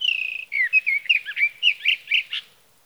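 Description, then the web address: Sage thrasher song: a sustained whistle, then a rapid stream of varied warbled notes, with a quiet background. "birdsongforthecurious Sage Thrasher"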